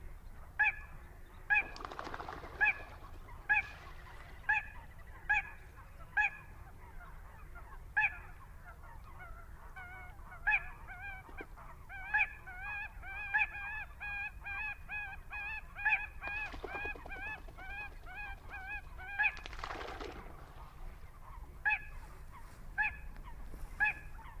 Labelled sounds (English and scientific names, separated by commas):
Little Crake (Porzana parva)